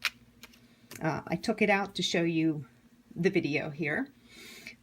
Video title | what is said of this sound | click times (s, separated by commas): Plan With Me Functional Layout-- August 22-28 2016 -- Happy Planner | it just snaps right in here. | 0.1 s